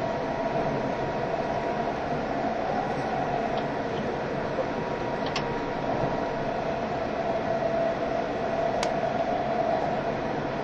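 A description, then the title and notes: A train runs steadily, its dense roaring rumble holding an even level for the whole stretch, loudest in the low-middle range with a faint whine riding above. A few sharp metallic clicks break through, one around five seconds and a brighter one near nine. E351系 Sあずさ18号. 松本～新宿. 速達運用だった＂スーパーあずさ18号＂の列車走行音(静止画)です。 Train running sound.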